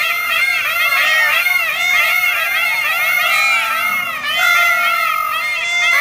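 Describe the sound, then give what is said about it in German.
Loud peacocks scream in a dense, overlapping chorus, their high wailing, meow-like calls rising and falling without pause for about six seconds, with no voices talking. “Sie reckten die Köpfe und erhoben ein lautes Geschrei, sodass die Erde erbebte.”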